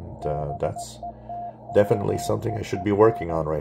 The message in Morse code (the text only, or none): BETWEEN